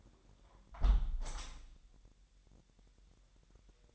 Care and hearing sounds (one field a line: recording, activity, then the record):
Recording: daily activity, microphone in the room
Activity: close window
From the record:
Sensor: 3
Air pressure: 1000.2 hPa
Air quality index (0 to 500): 244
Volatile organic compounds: 156 ppm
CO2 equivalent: 4048 ppm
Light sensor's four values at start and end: 10/24/10/9 and 10/24/10/9